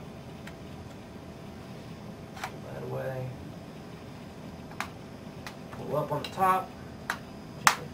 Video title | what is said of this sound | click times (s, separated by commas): fujitsu stylistic 3500 (or 3400) tablet tear down, part 5 | push down snaps into place and it's perfect it's now | 7.7 s